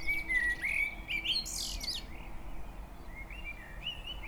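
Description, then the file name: Common blackbird song: mellow warbled phrases ending in a thin, high squeaky flourish, then a few quieter phrases, over faint background hiss. "Turdus merula"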